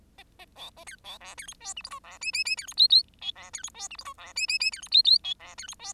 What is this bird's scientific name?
Lonchura striata domestica